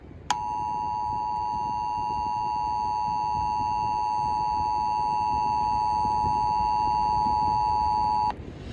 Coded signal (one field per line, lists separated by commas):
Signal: Emergency Alert System (SAME) tones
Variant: 853 and 960 Hz attention tone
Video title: WHAT KIND OF VOICE IS THIS?! | New Jersey Required Monthly Test on NJTV (March 15, 2022) (EAS #387)